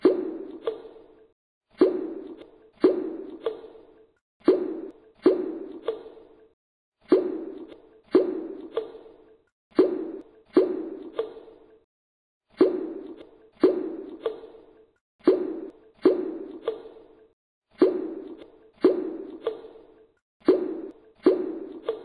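Water drops fall one after another, each landing as a short hollow plop with a quick fading tail. They come in a fairly regular rhythm, about two per second, sometimes in quick pairs, with near silence between them.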